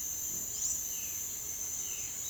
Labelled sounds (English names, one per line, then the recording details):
Palm Tanager
Violaceous Jay
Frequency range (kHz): Palm Tanager 3.5-8.4 kHz
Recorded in dense forest near Puerto Asís, Putumayo, Colombia, on 20 February 2024 at 08:00
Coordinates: 0.505, -76.324
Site G6467